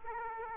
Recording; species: mosquito wingbeat signal from an infrared sensor; Aedes aegypti